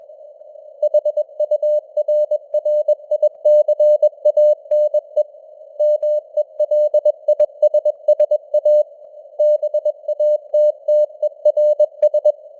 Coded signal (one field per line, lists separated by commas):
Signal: Morse code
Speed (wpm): 21 wpm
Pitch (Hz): 600 Hz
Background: none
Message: HURRICANE MELISSA BATTERS